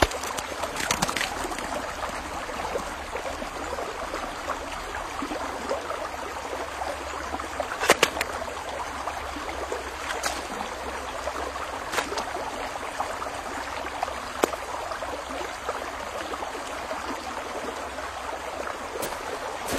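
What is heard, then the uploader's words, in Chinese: Water splashing at a riverbank, a steady dense rush with sharp splashes near 1, 8, 10, 12 and 14.5 seconds and faint low rumble. 河滩上玩水的慢时光。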